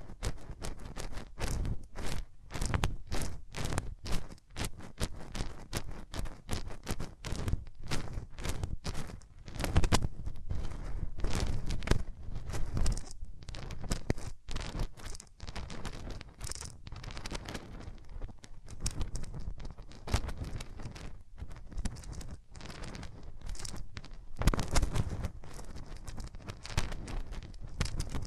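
Hands rub over a microphone in a dense, continuous stream of rough, scratchy friction with frequent sharp crackles and pops. The rubbing stays busy throughout, with thicker, louder strokes around ten and twenty-five seconds and a low rumbling undertone beneath.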